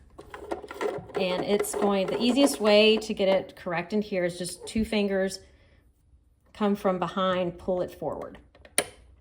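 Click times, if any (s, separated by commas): 8.8 s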